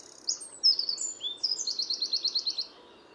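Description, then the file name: Eurasian wren song: high thin notes, then a rapid trill of repeated buzzy notes lasting about a second, loud and clear over a quiet background. "Troglodytes troglodytes"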